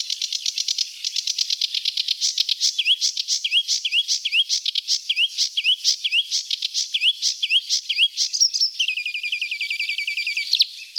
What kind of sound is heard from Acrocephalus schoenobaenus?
song